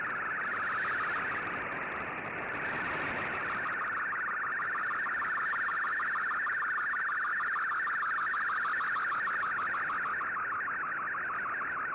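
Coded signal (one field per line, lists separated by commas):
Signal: multi-tone FSK (Olivia or MFSK type)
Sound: rapid warbling tones jumping around a narrow mid-pitch band, continuous for 12 seconds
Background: radio static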